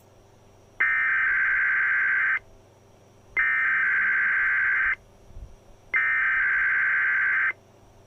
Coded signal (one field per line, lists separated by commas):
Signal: Emergency Alert System (SAME) tones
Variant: header bursts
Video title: EAS 4142-4148 EAS Tests and FFW from 8/07/22